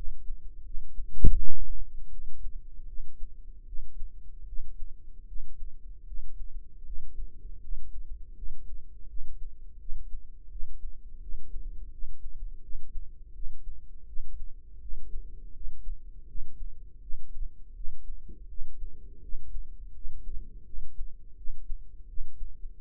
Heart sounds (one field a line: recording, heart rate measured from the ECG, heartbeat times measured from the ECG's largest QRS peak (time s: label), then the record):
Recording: heart sounds by microphone in the right ear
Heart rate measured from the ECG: 81 bpm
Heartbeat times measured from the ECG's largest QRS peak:
0.62 s: heartbeat
1.34 s: heartbeat
2.09 s: heartbeat
2.85 s: heartbeat
3.64 s: heartbeat
4.45 s: heartbeat
5.25 s: heartbeat
6.04 s: heartbeat
6.83 s: heartbeat
7.59 s: heartbeat
8.33 s: heartbeat
9.06 s: heartbeat
9.77 s: heartbeat
10.48 s: heartbeat
11.19 s: heartbeat
11.89 s: heartbeat
12.60 s: heartbeat
13.32 s: heartbeat
14.04 s: heartbeat
14.78 s: heartbeat
15.51 s: heartbeat
16.25 s: heartbeat
16.99 s: heartbeat
17.73 s: heartbeat
18.46 s: heartbeat
19.19 s: heartbeat
19.91 s: heartbeat
20.63 s: heartbeat
21.34 s: heartbeat
22.05 s: heartbeat
22.77 s: heartbeat
From the record:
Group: healthy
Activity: rest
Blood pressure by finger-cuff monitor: 107/64 mmHg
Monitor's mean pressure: 79 mmHg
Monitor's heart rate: 82 bpm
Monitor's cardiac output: 6.4 L/min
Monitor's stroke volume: 77 mL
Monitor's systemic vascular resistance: 910 dyn s/cm5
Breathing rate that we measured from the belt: 15 breaths a minute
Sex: female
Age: 43 years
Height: 160 cm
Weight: 90 kg